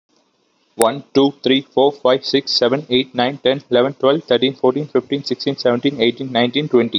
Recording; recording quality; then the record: counting at a fast pace; excellent, no background noise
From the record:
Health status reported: healthy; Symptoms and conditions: none ticked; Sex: male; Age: 29 years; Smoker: not ticked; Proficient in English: yes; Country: India